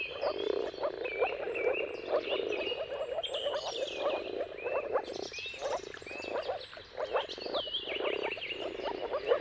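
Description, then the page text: Moor frogs give a steady, low bubbling chorus, while birds add looping whistled phrases over it. Moor frog mating chorus at sunrise, at the turn of March and April, with timing depending on the weather. "earth-fm Jakub-Orzecki moor frogs. Dawn’s Chorus: Mating Calls of Marsh Frogs at Sunrise. Depending on the weather at the turn of March and April, you can witness an amazing spectacle of moor frogs"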